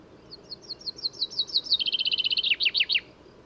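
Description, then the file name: Common chaffinch delivering a full song, slow high notes gathering into a quick descending rattle and ending in a short, ringing flourish against soft ambient hiss. "Fringilla coelebs"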